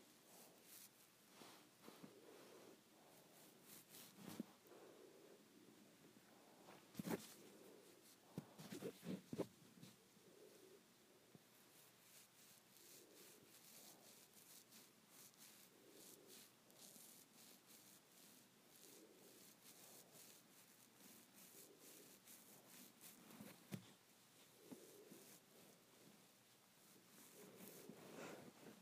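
Hair is being played with, making a soft, continuous rubbing and rustling texture with a hissy, scratchy edge. Brief louder crackles and scrapes stand out around 7, 9 and 24 seconds, while gentle swishing strokes repeat steadily throughout.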